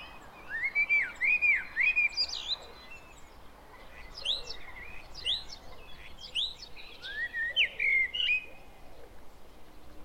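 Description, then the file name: Common blackbird song: a run of rounded, fluting whistled notes, then bursts of high squeaky twitter, and a final warbled phrase ending in chatter. "Turdus merula"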